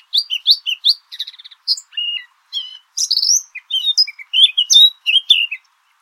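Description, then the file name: Eurasian blackcap song: a fast, varied warble of sweet whistled and chattering notes, high-pitched and tumbling, in clean quiet surroundings. "Sylvia atricapilla"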